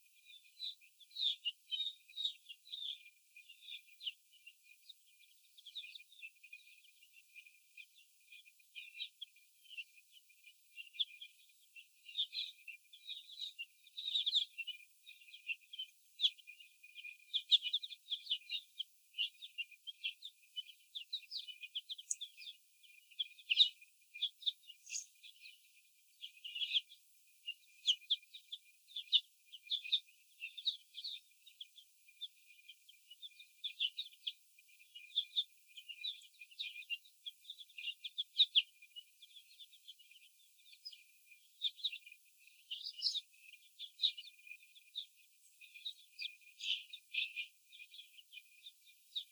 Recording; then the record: young laying hens in a cage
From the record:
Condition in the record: after the stressor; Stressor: sudden umbrella opening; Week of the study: 2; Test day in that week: 1